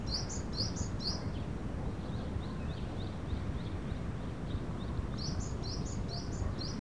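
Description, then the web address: Japanese tit calls, a series of short high chirping notes in quick bursts, softer in the middle and louder again at the end, over steady low rumbling background noise. "hashiwa bird shijukara"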